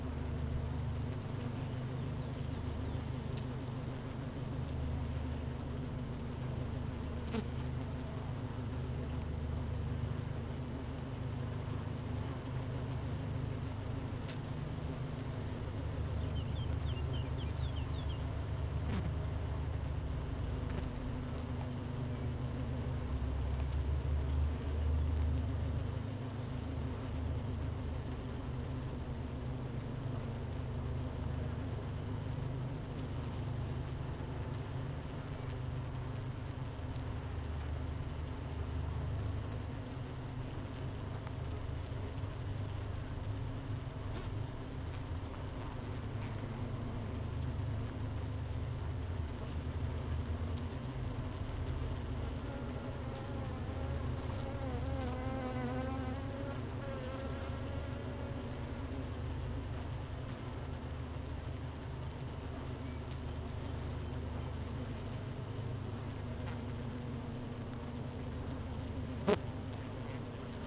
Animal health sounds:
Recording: honeybee colony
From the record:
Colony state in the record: missing queen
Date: 31 May 2018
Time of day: 10:00

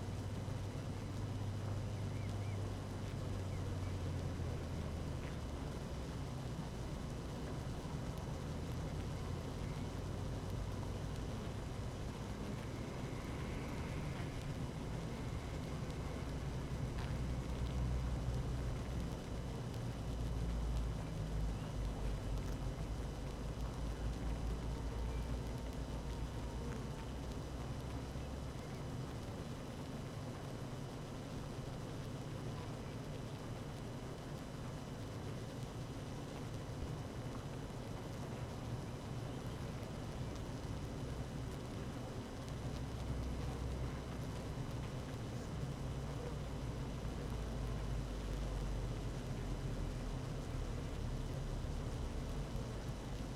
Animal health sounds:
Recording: honeybee colony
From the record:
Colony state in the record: active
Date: 12 June 2018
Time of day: 17:36

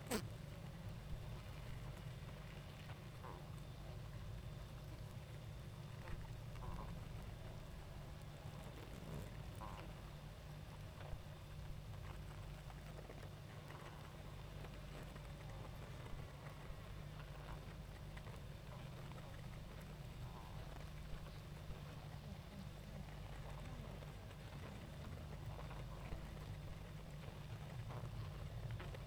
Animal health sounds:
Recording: honeybee colony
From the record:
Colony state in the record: active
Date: 28 July 2017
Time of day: 19:58

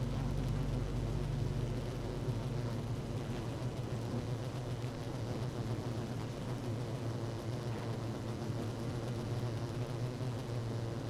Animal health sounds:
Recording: honeybee colony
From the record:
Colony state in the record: active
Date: 12 June 2018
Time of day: 16:51

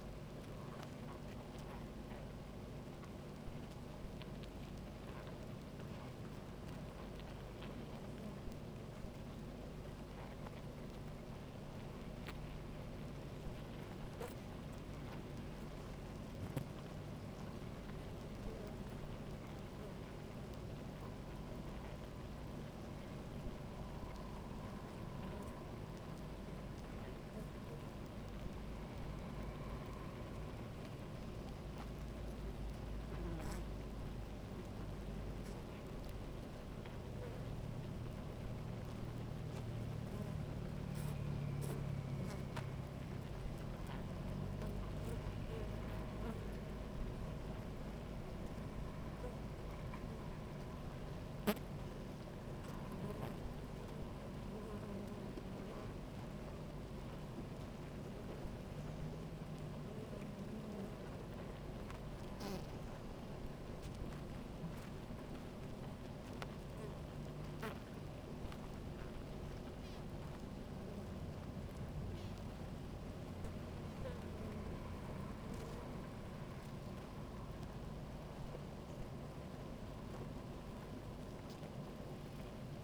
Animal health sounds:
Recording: honeybee colony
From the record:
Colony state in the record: active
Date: 28 July 2017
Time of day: 17:06

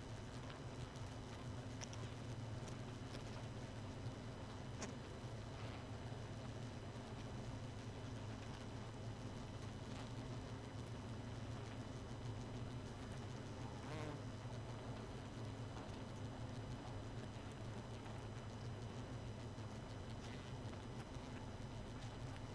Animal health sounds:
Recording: honeybee colony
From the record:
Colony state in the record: missing queen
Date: 31 May 2018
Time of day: 1:36

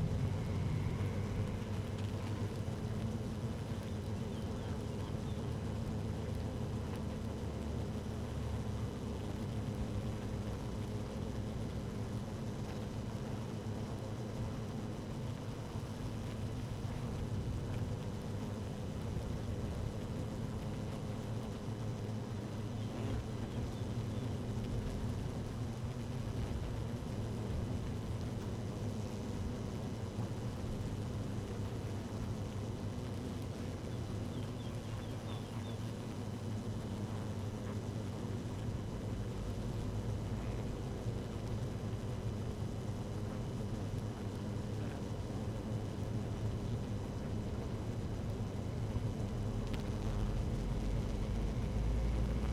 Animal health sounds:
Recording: honeybee colony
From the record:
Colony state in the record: active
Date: 12 June 2018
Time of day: 13:56

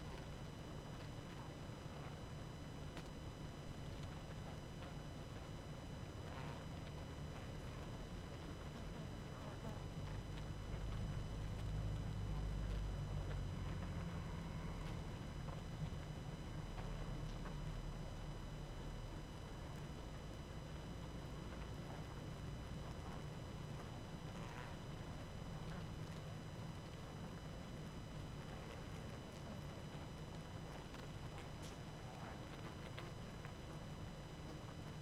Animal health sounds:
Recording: honeybee colony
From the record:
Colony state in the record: active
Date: 12 June 2018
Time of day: 21:21

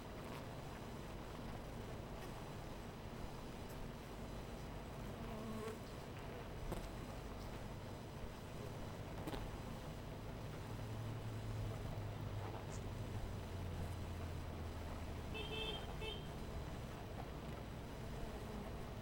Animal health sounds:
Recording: honeybee colony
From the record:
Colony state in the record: missing queen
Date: 14 July 2017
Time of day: 12:22

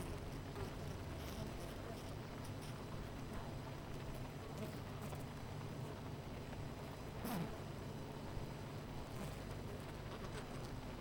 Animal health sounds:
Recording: honeybee colony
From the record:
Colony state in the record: missing queen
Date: 14 July 2017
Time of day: 9:55

